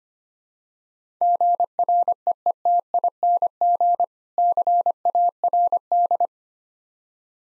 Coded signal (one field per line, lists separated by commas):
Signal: Morse code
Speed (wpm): 25 wpm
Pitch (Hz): 700 Hz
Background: none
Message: GREETING CARD